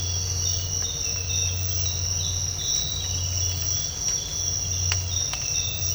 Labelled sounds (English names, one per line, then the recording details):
none
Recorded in dense forest near Puerto Asís, Putumayo, Colombia, on 19 March 2025 at 06:00
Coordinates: 0.468, -76.322
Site GP01